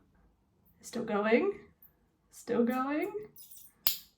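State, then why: Seated. A plastic daily-dose skincare pump bottle's twist dispensing mechanism is turned; after an earlier click that dispensed nothing, it keeps being twisted while someone talks. It gives a final short, sharp click at 3.9 s as it reaches the end of the turn and seats.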